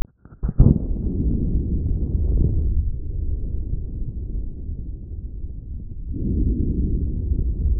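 Breath sounds heard over an adult chest through a stethoscope, low-pitched broadband airflow noise rising and falling with the breathing cycle.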